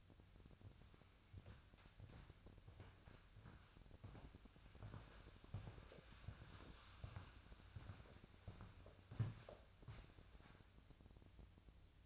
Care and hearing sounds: daily activity, microphone in the room; walk to room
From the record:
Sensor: 2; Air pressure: 999.8 hPa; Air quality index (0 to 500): 119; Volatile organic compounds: 2 ppm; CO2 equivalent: 1031 ppm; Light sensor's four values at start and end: 28/67/30/33 and 28/68/30/34

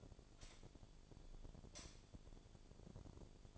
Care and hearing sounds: daily activity, microphone in the room; light on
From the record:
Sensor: 5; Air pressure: 1009.9 hPa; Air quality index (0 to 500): 159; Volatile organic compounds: 4 ppm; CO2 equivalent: 1553 ppm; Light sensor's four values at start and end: 186/473/196/211 and 187/474/196/211

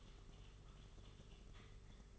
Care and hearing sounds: daily activity, microphone in the room; typing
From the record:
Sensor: 4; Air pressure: 991.8 hPa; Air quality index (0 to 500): 120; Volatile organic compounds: 27 ppm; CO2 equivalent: 2880 ppm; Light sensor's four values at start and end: 20/65/24/24 and 20/65/24/24

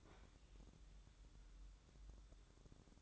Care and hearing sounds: daily activity, microphone in the room; open fridge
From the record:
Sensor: 3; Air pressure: 1007.7 hPa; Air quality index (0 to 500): 69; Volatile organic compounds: 1 ppm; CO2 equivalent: 638 ppm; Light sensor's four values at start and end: 12/29/12/12 and 12/29/12/12

